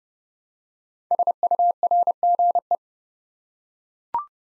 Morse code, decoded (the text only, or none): SURGE